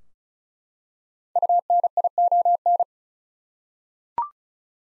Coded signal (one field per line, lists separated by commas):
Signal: Morse code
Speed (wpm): 36 wpm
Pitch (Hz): 700 Hz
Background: none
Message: UNION